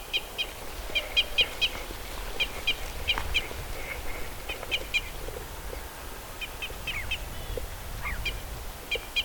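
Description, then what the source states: Red Crossbill calls, clipped kip notes in loose runs of two to four, over steady low rumble and a few softer chirps. Red Crossbill Type E; excitement calls (ECs).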